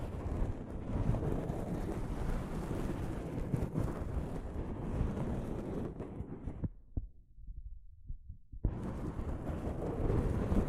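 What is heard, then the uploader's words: Soft fabric brushes against a microphone in a dense, rumbling rustle, heaviest in the low end with scattered scratchy bursts. Around six and a half seconds the rubbing thins to quiet low thumps, then the full brushing returns abruptly near nine seconds. ASMR Mic Brushing using Soft Fabric (No Talking).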